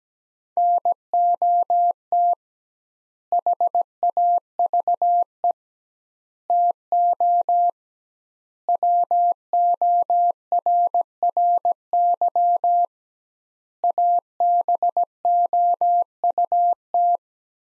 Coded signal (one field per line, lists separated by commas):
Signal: Morse code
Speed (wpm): 17 wpm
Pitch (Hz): 700 Hz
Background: none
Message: NOT HAVE TO WORRY ABOUT